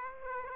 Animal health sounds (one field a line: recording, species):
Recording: mosquito wingbeat signal from an infrared sensor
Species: Aedes aegypti